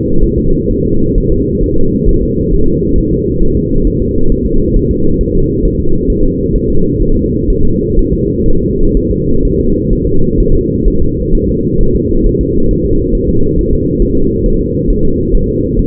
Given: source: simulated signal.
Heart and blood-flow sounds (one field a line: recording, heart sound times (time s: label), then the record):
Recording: fetal heart sounds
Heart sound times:
0.23 s: S1
0.38 s: S2
0.71 s: S1
0.85 s: S2
1.18 s: S1
1.32 s: S2
1.64 s: S1
1.78 s: S2
2.09 s: S1
2.23 s: S2
2.53 s: S1
2.68 s: S2
2.98 s: S1
3.12 s: S2
3.43 s: S1
3.57 s: S2
3.87 s: S1
4.02 s: S2
4.32 s: S1
4.46 s: S2
4.77 s: S1
4.91 s: S2
5.21 s: S1
5.35 s: S2
5.65 s: S1
5.80 s: S2
6.10 s: S1
6.24 s: S2
6.56 s: S1
6.70 s: S2
7.02 s: S1
7.17 s: S2
7.50 s: S1
7.65 s: S2
7.99 s: S1
8.14 s: S2
8.48 s: S1
8.63 s: S2
8.97 s: S1
9.11 s: S2
9.45 s: S1
9.60 s: S2
9.93 s: S1
10.07 s: S2
10.40 s: S1
10.55 s: S2
10.88 s: S1
11.02 s: S2
11.35 s: S1
11.49 s: S2
11.81 s: S1
11.95 s: S2
12.27 s: S1
12.41 s: S2
12.71 s: S1
12.86 s: S2
13.15 s: S1
13.29 s: S2
13.59 s: S1
13.73 s: S2
14.02 s: S1
14.17 s: S2
14.46 s: S1
14.61 s: S2
14.90 s: S1
15.05 s: S2
15.35 s: S1
15.49 s: S2
15.79 s: S1
From the record:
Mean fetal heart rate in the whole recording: 130 bpm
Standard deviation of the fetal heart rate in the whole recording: 4 bpm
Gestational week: 38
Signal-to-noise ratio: -17.7 dB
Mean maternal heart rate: 72 bpm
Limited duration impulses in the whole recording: present